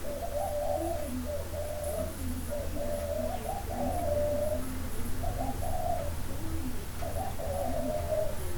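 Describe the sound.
Dove coos come in repeated mellow phrases, a brief gap midway, with a low steady hum behind.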